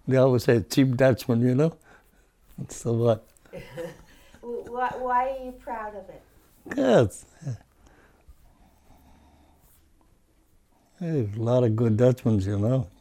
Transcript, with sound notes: They always say cheap Dutchman, you know. So what? (they laugh)
Why are you proud of it?
Because, a lot of good Dutchmans, you know.